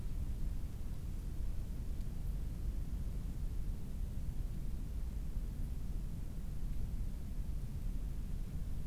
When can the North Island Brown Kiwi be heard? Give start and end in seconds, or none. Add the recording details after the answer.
none. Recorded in New Zealand on 18 October 2015. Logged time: 23:14. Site BR12